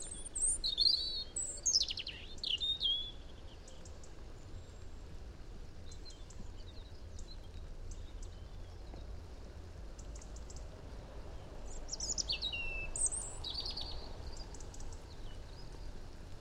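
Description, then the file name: European robin song, high warbled phrases with sharp downslurred notes at the start and again later, separated by a long stretch of background hiss. "Erithacus rubecula"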